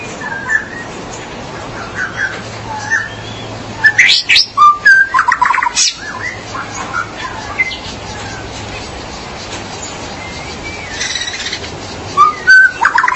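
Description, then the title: Magpie-robin or shama singing in short bursts of sweet whistles and quick chattering notes, a dense phrase near the middle and another near the end, with steady hiss between. "Suara Burung Murai"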